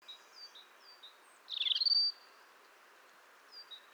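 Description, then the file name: European robin giving a brief high trilled phrase over steady background hiss, with faint thin notes from other birds before and after. "Erithacus rubecula"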